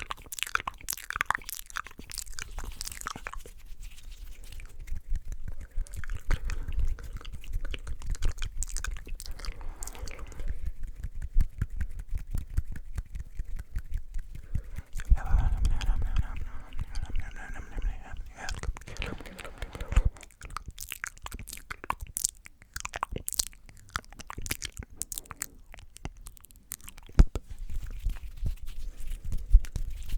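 Fast mouth sounds and hand rubbing crackle in dense, irregular bursts of wet clicks and crunchy smacks, with a louder rustling surge around fifteen seconds.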